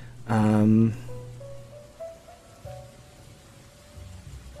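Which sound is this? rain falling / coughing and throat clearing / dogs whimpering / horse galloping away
rain falling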